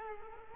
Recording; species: mosquito wingbeat signal from an infrared sensor; Culex quinquefasciatus